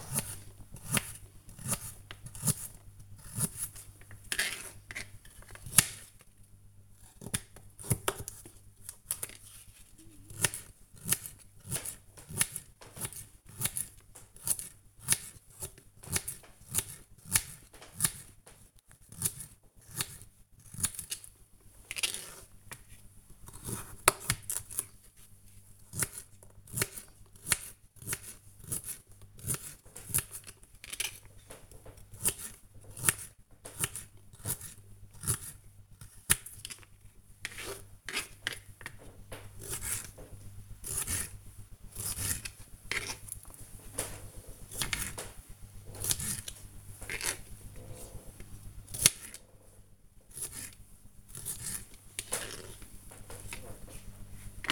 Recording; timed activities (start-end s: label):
household activities, microphone on the right wrist
0.00-54.72 s: cutting vegetables